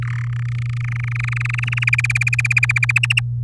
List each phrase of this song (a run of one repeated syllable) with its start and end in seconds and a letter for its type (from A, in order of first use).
0.02-0.28 A, 0.30-1.84 B, 1.87-2.92 C, 2.96-3.20 D